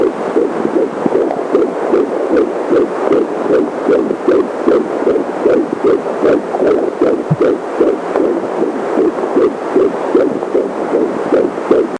Heartbeat audio.